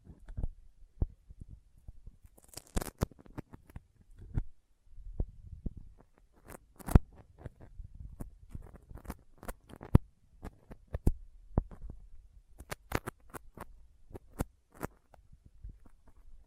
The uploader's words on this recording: ASMR Intense Sticky Finger Sounds (No Talking).